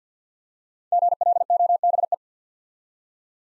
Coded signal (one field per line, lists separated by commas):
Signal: Morse code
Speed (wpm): 50 wpm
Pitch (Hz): 700 Hz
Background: none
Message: GLOBE